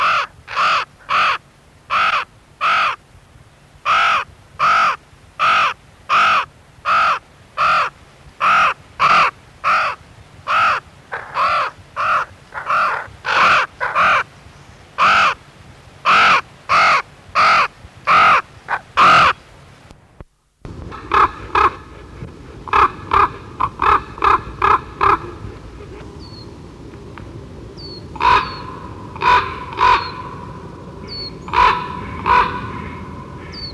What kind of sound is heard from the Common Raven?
call